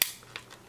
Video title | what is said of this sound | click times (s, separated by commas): Deluxe Black T-Rex Zord Review [Power Rangers Dino Super Charge] | okay then uh this is going to click into place | 0.0 s